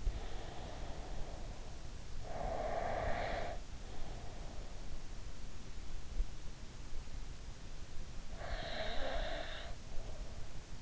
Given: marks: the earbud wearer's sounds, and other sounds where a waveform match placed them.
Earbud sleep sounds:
sounds in sleep by an in-ear microphone; breath
0.00-2.02 s: breath
2.26-4.90 s: breath
8.37-10.82 s: breath

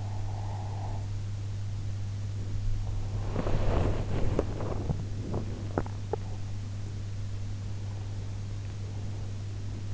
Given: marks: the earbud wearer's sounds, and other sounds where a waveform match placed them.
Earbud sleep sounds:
sounds in sleep by an in-ear microphone; breath, body movement, teeth grinding
0.00-1.02 s: breath
3.26-6.43 s: body movement
4.83-6.23 s: teeth grinding

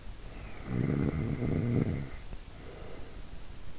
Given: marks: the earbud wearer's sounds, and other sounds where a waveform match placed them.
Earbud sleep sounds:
sounds in sleep by an in-ear microphone; snoring breath
0.55-3.35 s: snoring breath

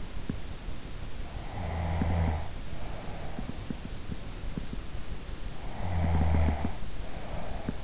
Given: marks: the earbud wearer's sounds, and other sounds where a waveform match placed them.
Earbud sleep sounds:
sounds in sleep by an in-ear microphone; snoring breath
1.36-3.93 s: snoring breath
5.57-7.84 s: snoring breath

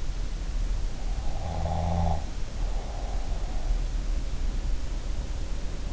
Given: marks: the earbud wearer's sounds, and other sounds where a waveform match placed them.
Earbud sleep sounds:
sounds in sleep by an in-ear microphone; snoring breath
1.32-3.50 s: snoring breath

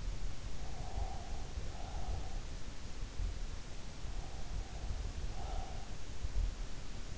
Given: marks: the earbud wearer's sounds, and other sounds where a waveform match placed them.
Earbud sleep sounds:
sounds in sleep by an in-ear microphone; breath
0.56-2.69 s: breath
4.02-6.09 s: breath

